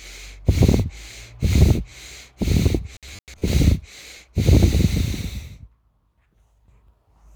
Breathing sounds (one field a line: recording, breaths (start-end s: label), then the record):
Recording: nose breathing near a microphone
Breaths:
0.00-0.31 s: inhalation
0.31-0.75 s: exhalation
0.75-1.26 s: inhalation
1.26-1.75 s: exhalation
1.75-2.21 s: inhalation
2.21-2.72 s: exhalation
2.72-3.19 s: inhalation
3.19-3.67 s: exhalation
3.67-4.16 s: inhalation
4.16-5.46 s: exhalation
From the record:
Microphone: phone